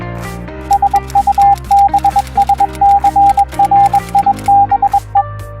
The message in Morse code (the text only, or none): SUBSCRIBE